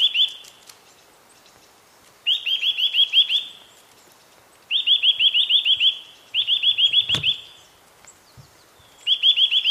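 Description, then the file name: Eurasian nuthatch giving rapid bursts of sharp, rising notes in quick succession, five bursts at irregular intervals, with a brief click late on. "Sitta europaea"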